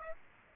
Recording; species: mosquito wingbeat signal from an infrared sensor; Aedes aegypti